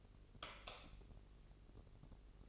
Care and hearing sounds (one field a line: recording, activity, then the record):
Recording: daily activity, microphone in the room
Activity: light off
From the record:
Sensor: 4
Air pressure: 996.1 hPa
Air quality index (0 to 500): 64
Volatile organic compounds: 2 ppm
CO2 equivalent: 1160 ppm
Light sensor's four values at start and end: 16/43/16/17 and 13/31/12/11